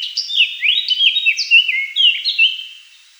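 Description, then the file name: Eurasian blackcap song of loud, clear fluting whistles with slurred descending notes, fading at the end. "Slavka chernogolovaja"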